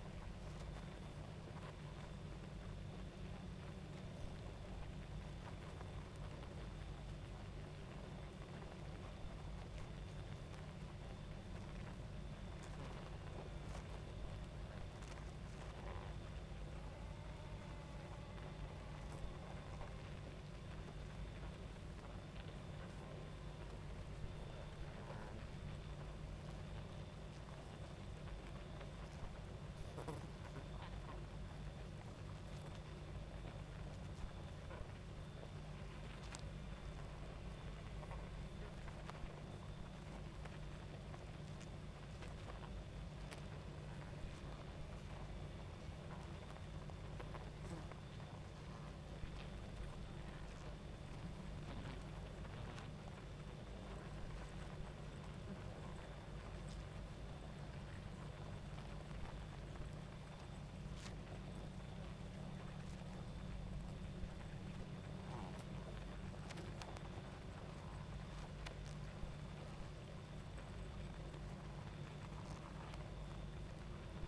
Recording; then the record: honeybee colony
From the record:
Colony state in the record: active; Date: 28 July 2017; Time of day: 22:56